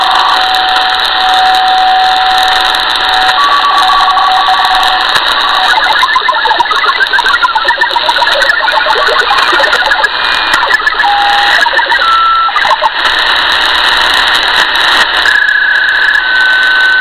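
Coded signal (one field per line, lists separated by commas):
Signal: HF data modem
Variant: Saab Grintek MHF-50 MFSK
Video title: 4346 kHz South Africa Navy - Saab Grintek MHF-50 MFSK Modem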